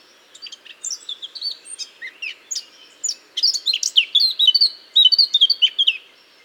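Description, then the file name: Eurasian blackcap singing a continuous scratchy warble that builds into loud, clear whistled phrases, with brief gaps between note clusters. "Sylvia atricapilla"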